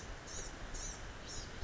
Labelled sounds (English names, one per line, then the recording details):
Blue-gray Gnatcatcher
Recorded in Sonoma County, California